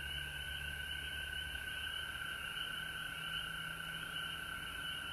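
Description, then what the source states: Frogs calling in a dense, unbroken chorus of high trills at two steady pitches, with a low droning hum underneath. Recorded at home in Georgia on March 19, 2020.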